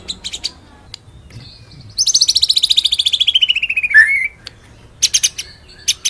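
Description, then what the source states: White-rumped shama song: a few high chips, then a long, rapid, pulsed trill sliding steadily downward for two seconds and ending in a twist. Bright clicking notes follow. Full rolling song, used as a training song (masteran) for songbirds.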